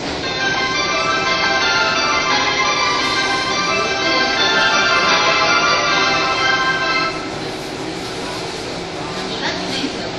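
A train between Tokyo and Takao rolls on with a steady, dense rumble and whining motor tones, faint voices, easing slightly after seven seconds.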